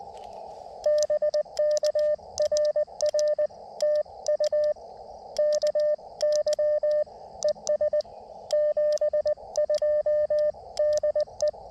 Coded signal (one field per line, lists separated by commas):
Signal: Morse code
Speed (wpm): 19 wpm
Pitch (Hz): 600 Hz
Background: radio noise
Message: BK RR TU KY ES 72 DE